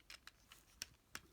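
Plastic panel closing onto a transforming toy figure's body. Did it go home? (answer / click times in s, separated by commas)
no / none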